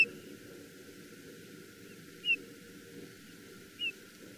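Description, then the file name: Eurasian bullfinch calling with several brief, soft, descending whistled notes at irregular intervals, against a steady low background hum. "Pyrrhula pyrrhula"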